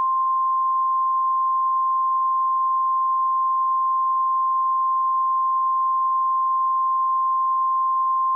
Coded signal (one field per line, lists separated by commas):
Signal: Emergency Alert System (SAME) tones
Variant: 1050 Hz attention tone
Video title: EAS Scenario - The Saint Louis Tornado Disaster